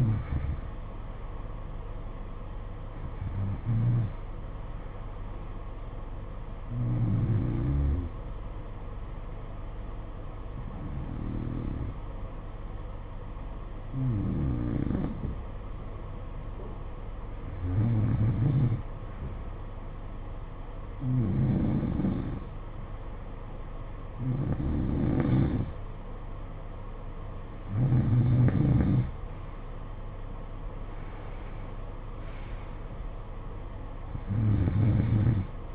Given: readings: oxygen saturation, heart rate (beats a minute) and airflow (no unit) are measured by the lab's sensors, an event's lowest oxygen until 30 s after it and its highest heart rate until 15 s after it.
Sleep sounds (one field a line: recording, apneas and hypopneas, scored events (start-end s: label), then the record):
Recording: breathing in sleep by a smartphone at the bedside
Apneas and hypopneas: 1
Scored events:
7.00-26.50 s: hypopnea (N2, oxygen 93% highest, then 90% lowest, heart rate 55 at the start, 63 highest)
From the record:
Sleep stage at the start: N2 (light sleep)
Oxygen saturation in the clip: 90 to 93%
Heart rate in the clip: 55 to 63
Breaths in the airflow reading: 11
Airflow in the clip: -11.5 to 10.2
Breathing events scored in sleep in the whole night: 476 in 9.7 hours asleep